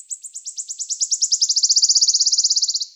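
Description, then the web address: Wood warbler song: a high trill of rapid ticking notes that speeds up into a shivering roll, with no other sounds. "Phylloscopus sibilatrix"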